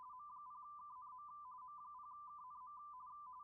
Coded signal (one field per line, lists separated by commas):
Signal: RTTY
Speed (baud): 45.45 baud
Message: M0KNM M0KNM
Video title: M0KNM - CQ WW RTTY Contest 2025 PT2 28/09/25